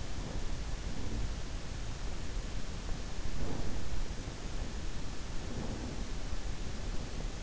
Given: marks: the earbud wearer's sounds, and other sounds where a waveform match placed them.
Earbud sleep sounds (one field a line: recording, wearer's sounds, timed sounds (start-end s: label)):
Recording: sounds in sleep by an in-ear microphone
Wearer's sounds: breath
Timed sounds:
0.00-1.46 s: breath
3.18-3.90 s: breath
5.36-6.20 s: breath